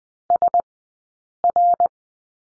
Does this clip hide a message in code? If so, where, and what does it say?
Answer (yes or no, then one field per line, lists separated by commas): yes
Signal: Morse code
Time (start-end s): 0.3-1.9 s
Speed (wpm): 20 wpm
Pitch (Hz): 700 Hz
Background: none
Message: SR